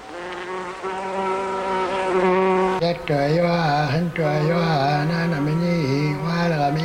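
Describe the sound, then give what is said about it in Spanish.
Flies buzz loudly and continuously with a rich droning hum whose pitch wavers, dipping and rising as they move about, with no talking. “Las moscas.”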